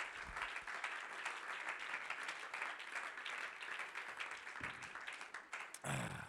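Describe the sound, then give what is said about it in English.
A crowd claps hands to the Lord in a sustained, dense burst of applause, steady and loud throughout, with many overlapping claps blending into a continuous wash of sound. “Oh, clap your hands to the Lord in this place.”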